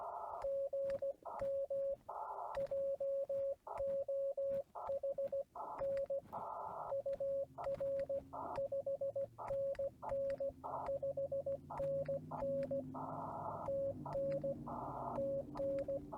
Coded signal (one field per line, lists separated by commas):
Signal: Morse code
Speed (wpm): 16 wpm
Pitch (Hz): 550 Hz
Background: radio noise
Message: GM JOHN UR 5NN 5NN TN TN